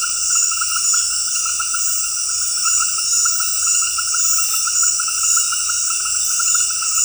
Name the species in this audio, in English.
none